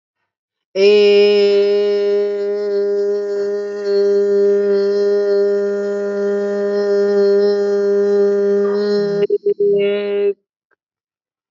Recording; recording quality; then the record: sustained vowel as in made; excellent, no background noise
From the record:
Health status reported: exposed to COVID-19, no respiratory illness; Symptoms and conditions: none ticked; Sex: male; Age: 22 years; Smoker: not ticked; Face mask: not worn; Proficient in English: yes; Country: India